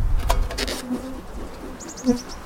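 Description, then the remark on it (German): A steady, droning buzz of many honeybees at an open hive hums at a low pitch throughout as a beekeeper moves them down so a queen excluder grid can be fitted, while a short run of quick, high bird chirps rises briefly over it near the end. “Das ist ein Gitter, da kommen die Bienen durch, aber die Königin nicht.”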